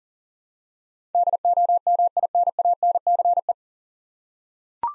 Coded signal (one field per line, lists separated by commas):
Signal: Morse code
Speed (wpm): 38 wpm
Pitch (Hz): 700 Hz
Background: none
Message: DOMINANCE